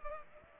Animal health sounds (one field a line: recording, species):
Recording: mosquito wingbeat signal from an infrared sensor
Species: Culex pipiens